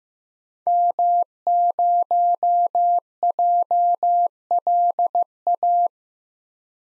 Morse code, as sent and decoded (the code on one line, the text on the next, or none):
-- ----- .--- .-.. .-
M0JLA